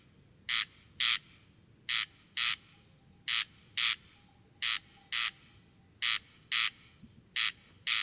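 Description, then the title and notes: Corn crake song of paired rasping notes, crex-crex, the pairs repeated steadily a little under every one and a half seconds, loud against a quiet night background. Singing corn crake near a peat bog, Col Bayard, Hautes-Alpes, France, 12 July 2018, evening; sang continuously from 11 pm until dawn; recorded with Nagra Seven and Telinga Pro7. "Col Bayard - Hautes Alpes. Râle des genêts"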